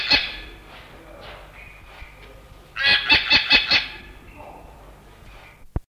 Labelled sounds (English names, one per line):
Green Jay call